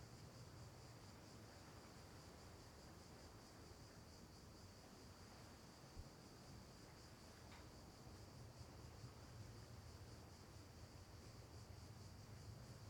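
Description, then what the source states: Cicadas in a steady, high, shimmering drone with a faint pulsing texture, over a low continuous rumble and a couple of soft clicks midway. Cicadas recorded at night as ambience.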